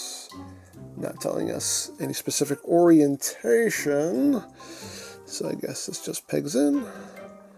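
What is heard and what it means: A silver die-cast section of a model kit is being handled by hand, ready to be pegged into the model body, while someone talks over background music. The clip ends before the part goes home, so nothing has seated or clicked yet.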